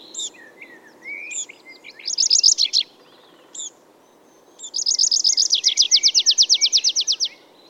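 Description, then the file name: Tree pipit song in two bursts: after faint chirps, a short chattering phrase, a pause, then a long even trill of many rapid buzzy notes. "Ruud van Beusekom - Lesnoj konyok Anthus trivialis"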